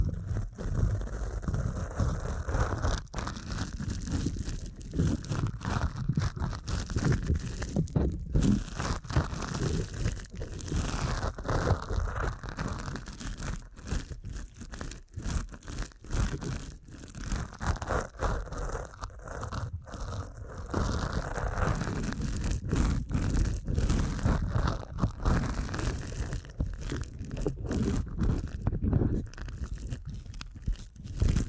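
A deep ear canal massage fills the whole half minute with dense, continuous rubbing and crinkly scratching, rich in low rumble. The texture shifts constantly with quick irregular strokes and brief muffled thumps, never pausing, while the overall loudness stays fairly even throughout.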